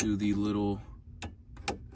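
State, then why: Seated. Someone talks, then a bulb socket is pushed onto the back of the climate control unit of a 1994 Jeep Grand Cherokee during a bulb replacement. Soft clicks and a faint tick come before a sharp click at 1.7 s as the socket pops on and seats, good to go.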